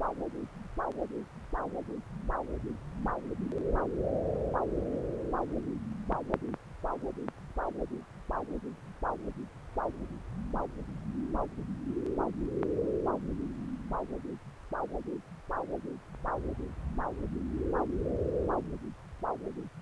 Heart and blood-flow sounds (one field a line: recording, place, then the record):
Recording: Doppler ultrasound of blood flow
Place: left subclavian vein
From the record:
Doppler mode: continuous wave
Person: adult scuba diver, at rest before a dive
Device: O'Dive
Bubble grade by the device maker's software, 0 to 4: 0